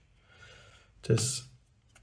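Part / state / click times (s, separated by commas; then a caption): plastic fill valve part into cistern valve housing / not seated / none. A plastic fill valve part is handled against the valve housing of an Ideal Standard / Multibrand Prosys 80 cistern during disassembly and maintenance, with faint rustling, a brief spoken word around 1.1 s, and a small tick near 2.0 s. Nothing has seated or clicked into place yet.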